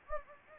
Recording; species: mosquito wingbeat signal from an infrared sensor; Anopheles gambiae